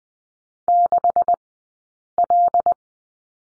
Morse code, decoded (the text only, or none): 6L